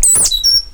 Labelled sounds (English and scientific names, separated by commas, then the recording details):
Stitchbird (Notiomystis cincta) song
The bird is a male
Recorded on Tiritiri Matangi Island, New Zealand, in 2005
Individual 8, of nest box 10